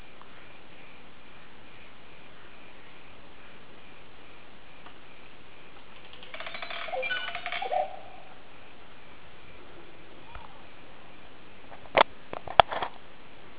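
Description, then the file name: Green oropendola giving a short gurgling, liquid phrase, followed later by a few sharp clicks over steady background hiss. "psarocolius viridis"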